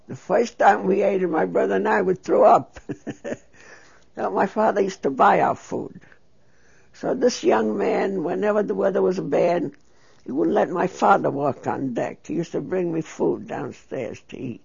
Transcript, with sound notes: The first time we ate it, my brother and I, we threw up. ( she laughs ) No, my father used to buy our food. So this young man, whenever the weather was bad, he would let my father walk on deck, he used to bring me food downstairs to eat.